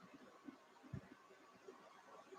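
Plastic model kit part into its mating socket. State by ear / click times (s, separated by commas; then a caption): not seated / none. A plastic part of a model kit figure is pushed toward its mating socket but fails to lock in and stays loose. Over a quiet background there are soft, faint handling taps, a dull low bump near 1.0 s, and a louder low thud right at the end near 2.4 s. Nothing has seated or clicked yet.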